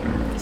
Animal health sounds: contact call of a hoofed animal; wild boar; grunt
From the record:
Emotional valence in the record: positive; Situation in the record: food anticipation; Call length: 0.42 s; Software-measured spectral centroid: 2040 Hz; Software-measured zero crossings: 1370 a second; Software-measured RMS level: -24 dBFS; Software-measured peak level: -12 dBFS

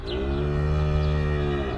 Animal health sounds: contact call of a hoofed animal; cattle; low-frequency (closed-mouth) or high-frequency (open-mouth) call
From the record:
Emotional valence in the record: negative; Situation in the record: full separation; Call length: 1.78 s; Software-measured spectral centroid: 1400 Hz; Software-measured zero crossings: 950 a second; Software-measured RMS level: -24 dBFS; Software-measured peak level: -13 dBFS

